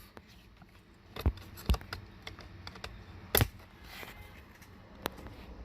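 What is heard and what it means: The second plastic airbag connector for the driver-side steering wheel airbag on a 2000–2003 Nissan Maxima is pushed into the steering wheel, with light handling clicks and taps around it. A crisp click at 3.4 s marks the connector seating fully.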